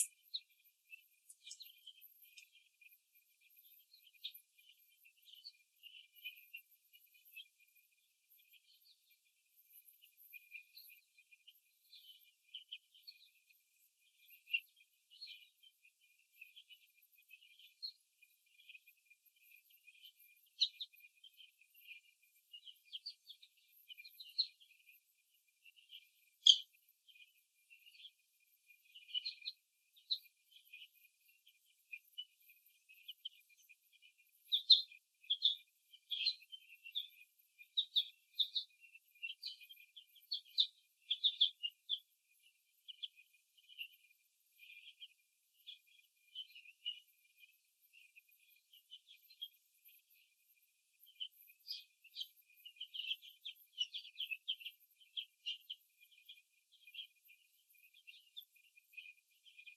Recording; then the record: young laying hens in a cage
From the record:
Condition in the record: before the stressor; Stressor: simulated dog barking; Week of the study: 2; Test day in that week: 3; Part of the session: 1